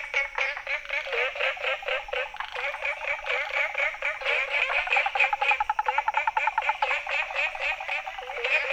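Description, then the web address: A busy frog chorus of fast, repeated raspy croaks, many callers overlapping in a steady pulsing din with no pauses. Recorded 19 May 2018 between 18 and 20 h. "frog rec 18-20 20180519"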